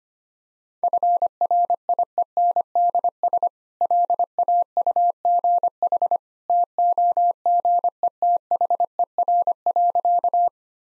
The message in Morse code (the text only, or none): FRIENDS LAUGH TOGETHER.